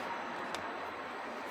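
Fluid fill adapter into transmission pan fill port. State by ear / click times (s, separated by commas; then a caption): seated / 0.5 s. A special tool's fill adapter, its o-ring oiled, is pushed into the fill port of a 9G-Tronic (725.0 / NAG3 / W9A700 / JR913E) nine-speed transmission pan over a steady broadband background hiss. A short, sharp click sounds at about 0.6 seconds as the adapter seats in the port.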